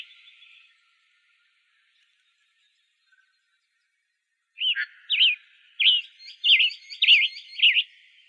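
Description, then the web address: Western tanager calls: after a faint opening sound and a few seconds of silence, several short, sharp chirped notes come in quick, uneven succession. Recorded in Arizona. "Tanagers WETA"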